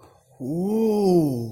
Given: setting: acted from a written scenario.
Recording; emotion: vocal sound without words; awe